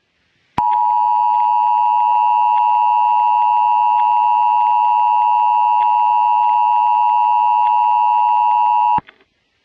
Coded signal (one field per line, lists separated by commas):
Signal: Emergency Alert System (SAME) tones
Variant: 853 and 960 Hz attention tone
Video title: EAS Scenario/Analog Horror - Hell’s Takeover